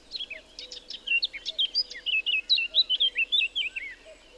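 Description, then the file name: Eurasian blackcap song: brisk jumbled chatter leading into a string of loud, pure, fluty whistles, each note clearly separated, fading out after about four seconds. "Sylvia atricapilla"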